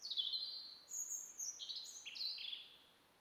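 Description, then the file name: European robin in continuous song, a tumbling run of high, thin whistled notes stepping up and down in pitch, with soft hiss underneath. "Erithacus rubecula"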